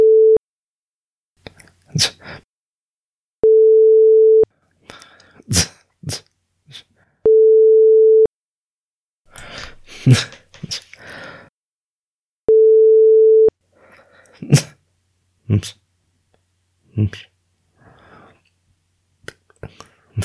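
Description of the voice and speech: Adult man with Tourette syndrome producing vocal tics: brief grunts, hums, lip smacks, tongue clicks and other mouth noises, in short bursts separated by steady sine-wave tones.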